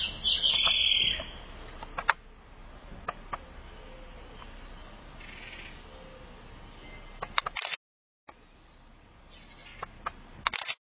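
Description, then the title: Southern house wren song opening with a bright, fast warble of high notes, then only sparse clicks and faint ticking in a quiet background. "cURRUIRA"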